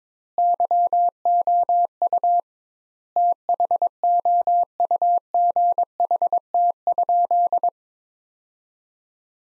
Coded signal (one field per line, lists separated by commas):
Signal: Morse code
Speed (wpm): 22 wpm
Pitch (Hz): 700 Hz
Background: none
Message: YOU THOUGHT?